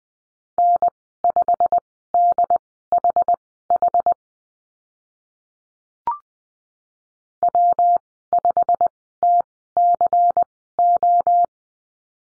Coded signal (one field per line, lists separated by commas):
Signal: Morse code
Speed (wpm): 20 wpm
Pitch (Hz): 700 Hz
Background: none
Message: N5DHH W5TCO